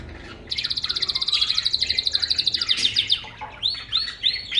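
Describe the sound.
Bird singing a quick rattling trill that runs for about two seconds, followed by several rising and falling whistled slurs.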